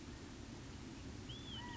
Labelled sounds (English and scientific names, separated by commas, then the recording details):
California Quail (Callipepla californica)
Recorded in Sonoma County, California